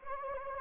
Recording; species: mosquito wingbeat signal from an infrared sensor; Anopheles gambiae